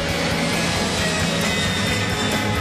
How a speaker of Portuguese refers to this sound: Fique ligado no estádio 97 e anote quantas vezes você ouve passar o avião do estádio 97.